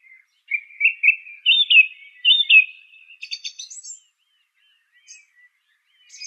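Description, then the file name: Song thrush song: a few warbled phrases, followed by a rapid high rattling burst and a few faint scattered notes. "suara-kicauan-burung-song-thrush omkicau"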